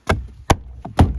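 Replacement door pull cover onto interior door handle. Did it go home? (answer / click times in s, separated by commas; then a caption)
no / none. A replacement plastic door pull cover for a BMW X3 F25 (X4) is being handled over the old worn interior door handle on the car's door panel. Four short, sharp plastic taps and knocks are heard at about 0.1, 0.5, 0.9 and 1.0 seconds. Nothing has seated or clicked into place yet.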